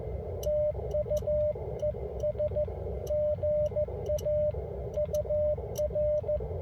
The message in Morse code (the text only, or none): TU ES GA UR